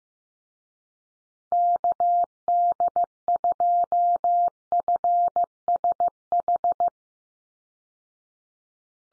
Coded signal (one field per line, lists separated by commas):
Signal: Morse code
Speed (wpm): 14 wpm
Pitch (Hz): 700 Hz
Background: none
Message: KD2FSH